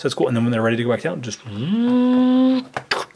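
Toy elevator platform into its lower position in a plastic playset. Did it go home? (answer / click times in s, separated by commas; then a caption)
yes / 2.9 s. The plastic elevator platform of a toy playset is released from the second floor and brought back down to its lower position while someone talks. It snaps into place with a sharp click at 2.9 s, seating the elevator in its lower position.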